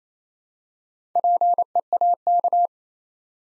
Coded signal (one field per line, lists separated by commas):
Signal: Morse code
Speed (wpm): 27 wpm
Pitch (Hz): 700 Hz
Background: none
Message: PEAK